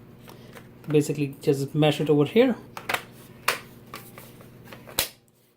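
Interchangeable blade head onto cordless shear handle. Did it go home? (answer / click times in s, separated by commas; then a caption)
yes / 5.0 s. A plastic shear/hedge-trimmer blade head is pushed onto the body of an Earthwise cordless rechargeable 2-in-1 shrub shear and hedge trimmer while someone talks. Several plastic knocks and clacks follow, and the head snaps into place with a sharp click at 5.0 s, the loudest and last hit, seating it on the handle.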